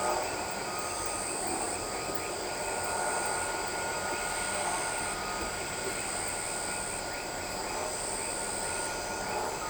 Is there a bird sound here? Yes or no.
no